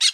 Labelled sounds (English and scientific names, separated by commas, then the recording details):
Brown-throated Parakeet (Eupsittula pertinax) contact call
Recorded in Bonaire
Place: 1 km N of power plant, rd to Republiek
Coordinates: 12.184, -68.285